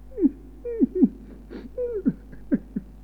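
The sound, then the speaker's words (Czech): Crying whimpers come in a run of about seven short, wavering sobs, each sliding downward in pitch, uneven in rhythm and fairly soft, with no talking over them. “Ty pláčeš? Hele, ty pláčeš?”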